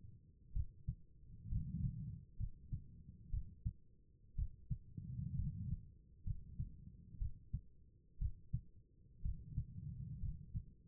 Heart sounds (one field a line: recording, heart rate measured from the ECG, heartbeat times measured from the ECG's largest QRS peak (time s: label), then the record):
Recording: heart sounds by stethoscope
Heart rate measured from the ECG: 62 bpm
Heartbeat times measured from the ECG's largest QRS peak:
0.53 s: heartbeat
1.49 s: heartbeat
2.37 s: heartbeat
3.30 s: heartbeat
4.35 s: heartbeat
5.35 s: heartbeat
6.23 s: heartbeat
7.18 s: heartbeat
8.18 s: heartbeat
9.22 s: heartbeat
10.19 s: heartbeat
From the record:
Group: healthy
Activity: rest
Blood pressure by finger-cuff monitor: 98/64 mmHg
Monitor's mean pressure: 73 mmHg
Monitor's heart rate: 62 bpm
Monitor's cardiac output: 4.7 L/min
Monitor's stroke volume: 74 mL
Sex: female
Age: 36 years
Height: 163 cm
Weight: 88 kg